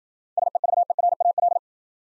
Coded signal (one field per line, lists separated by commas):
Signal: Morse code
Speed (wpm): 53 wpm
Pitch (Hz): 700 Hz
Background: none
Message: SEVERAL